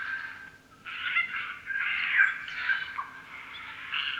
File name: Garrulus glandarius